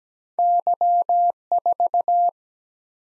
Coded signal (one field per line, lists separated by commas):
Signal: Morse code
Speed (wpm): 17 wpm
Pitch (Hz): 700 Hz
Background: none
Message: Y 4